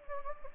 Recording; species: mosquito wingbeat signal from an infrared sensor; Anopheles gambiae